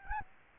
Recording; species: mosquito wingbeat signal from an infrared sensor; Aedes albopictus